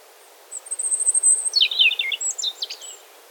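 European robin giving thin, high whistled notes followed by a quick run of jumbled, twittering high phrases over faint steady background hiss.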